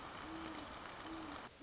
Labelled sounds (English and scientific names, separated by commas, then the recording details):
Great Horned Owl (Bubo virginianus)
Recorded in Sonoma County, California